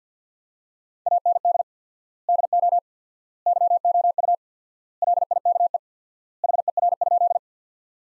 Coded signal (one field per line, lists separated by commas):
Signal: Morse code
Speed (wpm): 50 wpm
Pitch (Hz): 700 Hz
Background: none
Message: AND DO YOU LIKE HER?